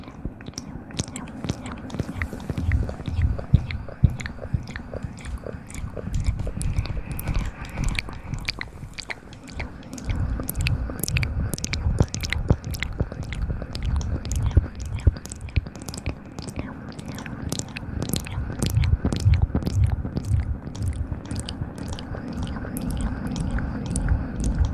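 Dense mouth sounds and crisp scratching clicks crackle almost nonstop for the whole stretch over a soft low rumble.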